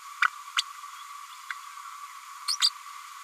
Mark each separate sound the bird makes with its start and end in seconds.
0.21-0.27, 0.56-0.62, 2.47-2.57, 2.60-2.70